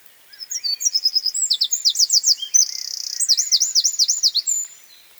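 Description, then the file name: Eurasian wren song, high and hurried, chains of sharp notes giving way to a rattling buzz and then a quick run of looping trills, roughly four per second. "Troglodytes troglodytes"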